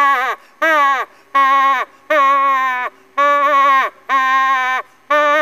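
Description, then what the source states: Moose calf bleating in a steady series of harmonic, wavering calls that sag in pitch at the end, separated by short pauses. Moose calf, recorded in summer.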